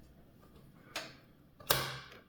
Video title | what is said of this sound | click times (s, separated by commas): Full PC Build for Newbies: AMD Ryzen 7 9800x3D & ARCTIC Liquid Freezer III 360 & Lian Li Lancool 207 | here we are nice click and this other connector oh | 1.7 s